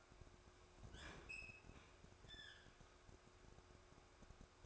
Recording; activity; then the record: daily activity, microphone in the room; open fridge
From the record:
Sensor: 2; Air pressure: 1004.5 hPa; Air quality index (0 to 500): 184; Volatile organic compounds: 10 ppm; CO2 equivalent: 2218 ppm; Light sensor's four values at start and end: 4/11/4/4 and 4/11/4/4